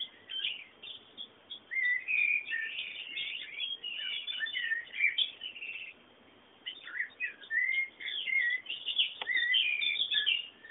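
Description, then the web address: Birds singing, a dense chorus of high chirps and short whistled phrases overlapping almost continuously, with brief pauses around six seconds. Bird sounds presented as background ambience. "bullas Bullasdata sounds fondo pajaros"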